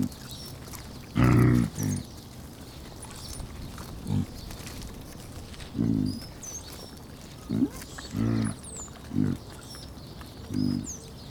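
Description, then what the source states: Pig grunts, about eight low throaty bursts spread throughout, with soft bird chirps in the background. Piglets, more than one, hanging out.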